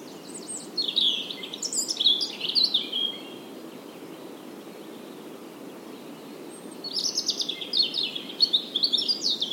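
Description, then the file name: European robin song: two high, thin, warbling phrases of rapid trills and sliding notes, separated by a pause of several seconds, over a steady low hiss. "Erithacus rubecula"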